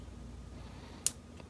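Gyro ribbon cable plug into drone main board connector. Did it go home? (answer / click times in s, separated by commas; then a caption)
yes / 1.1 s. A gyro ribbon cable plug on a Hubsan Zino drone is wiggled onto its main board connector, lined up against the metal frame. After a quiet stretch, a sharp little pop at 1.1 s marks the plug snapping into place, followed by a faint tick at 1.4 s. The connector is seated.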